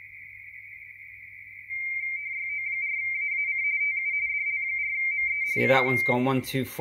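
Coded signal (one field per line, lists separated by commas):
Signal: RTTY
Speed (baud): 45.45 baud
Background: speech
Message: YO4AAC TU DL4ME CQ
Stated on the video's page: RTTY decoded on an ICOM IC-705.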